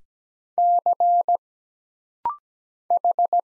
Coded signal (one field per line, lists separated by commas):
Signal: Morse code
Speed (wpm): 17 wpm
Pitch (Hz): 700 Hz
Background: none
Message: C H